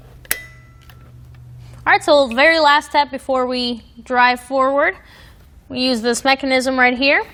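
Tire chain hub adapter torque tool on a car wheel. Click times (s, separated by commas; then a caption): 0.3 s. The included torque wrench tightens the hub adapter of a set of Konig K-Summit tire chains onto the wheel of a 2020 Land Rover Velar, clicking automatically once torqued to spec. A sharp click sounds at 0.3 s, with faint ticks afterward, then someone talks.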